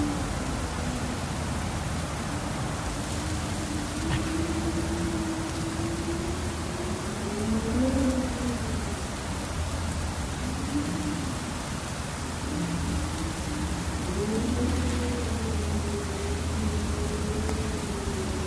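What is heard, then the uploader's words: A snowstorm roars steadily, a dense, unbroken hiss of wind filling the whole clip. Above a deep rumble, a low howling tone wavers and swells, rising noticeably around eight and fifteen seconds before sinking back. The loudness barely changes throughout. Snow Storm: ambient soundscape. A great snow storm.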